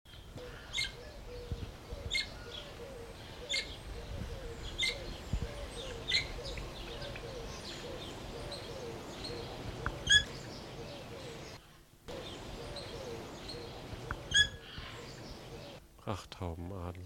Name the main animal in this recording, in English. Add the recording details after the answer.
Ornate Hawk-Eagle. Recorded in captivity. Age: adult. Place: Tierpark Berlin, Berlin, DE. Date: 1980-09-06 12:00. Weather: bedeckt, ca. 17°C, böiger Wind. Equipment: Nagra SN, Kopie Uher 4200 Report Monitor. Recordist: Tembrock, Günter